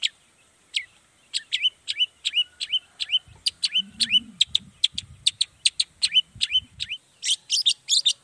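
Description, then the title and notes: Long-tailed shrike song: a series of sharp down-slurred whistled notes, speeding up into quick chips, with a faint low hum in the background. Cendet in full 'gacor' song in the morning, 'toet toet' sound variation; played once to make other shrikes respond quickly and agitatedly. "Cendet Gacor Dor Di Kala Pagi Toet Toet Variasi Suara. Cendet Gacor Langsung Nyaut Emosi Hanya dengan Sekali Putar Bikin Cendet Lainya Cepat Respon Bunyi. Burung cendet"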